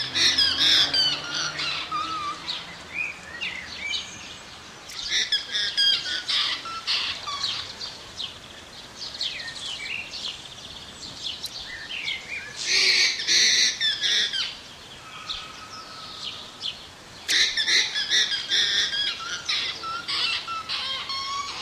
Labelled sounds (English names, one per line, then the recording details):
Vicugna call
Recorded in captivity
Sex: male
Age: adult
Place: Zoo Berlin, Berlin, DE
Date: 1987-07-02 14:05
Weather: sunny, 25°C
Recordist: Tembrock, Günter